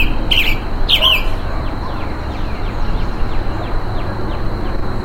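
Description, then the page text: Roadside hawk gives two strained, harsh calls near the start, followed by a series of thin, descending chirps and a low rumbling background. Calls given while being mobbed, in humid tropical forest. "Calls of a Roadside Hawk as it is being mobbed in humid tropical forest."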